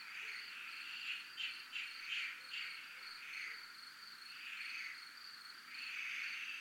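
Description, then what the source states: Cricket chorus: a constant high pulsing trill under rough buzzy bursts, some short and quick near the start, longer swells later. Recorded at a zona militar (military zone).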